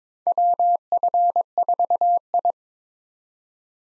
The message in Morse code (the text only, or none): WF4I